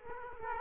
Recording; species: mosquito wingbeat signal from an infrared sensor; Culex quinquefasciatus